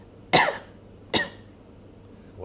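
Two sharp, forceful coughs from an adult, less than a second apart, with quiet room noise between them. They are reflex coughs from choking after something went down the wrong way, not coughs from a cold.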